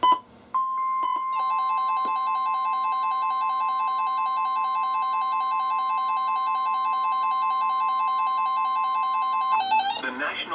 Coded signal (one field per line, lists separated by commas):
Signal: Emergency Alert System (SAME) tones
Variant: 1050 Hz attention tone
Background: speech, music